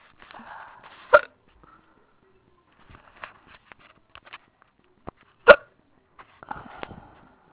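An adult woman's hiccup bout: two sharp, abrupt hiccups about four seconds apart, with faint breathing and small clicks between.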